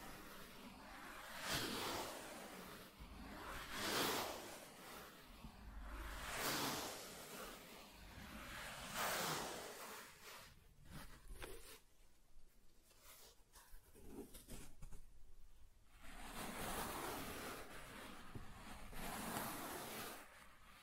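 Soft tracing across smooth and rough surfaces: slow, airy swipes rise and fade every two to three seconds, each a hushed brushing sweep. Between them a low, uneven rumble of handling continues, with a quieter, thinner stretch in the middle before the strokes return.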